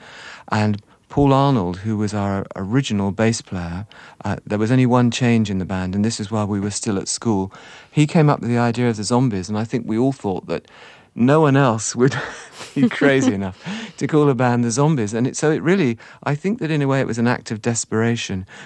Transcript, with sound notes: And Paul Arnold, who was our original bass player - there was only one change in the band, and this is while we were still at school - he came up with the idea of The Zombies. And I think we all thought that no one else would be...
(Laughter).
...Crazy enough to call a band The Zombies. And so it really - I think that, in a way, it was an act of desperation.